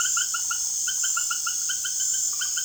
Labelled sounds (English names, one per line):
none